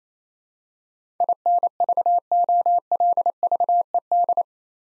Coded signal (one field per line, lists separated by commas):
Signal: Morse code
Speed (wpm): 27 wpm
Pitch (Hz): 700 Hz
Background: none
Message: INVOLVED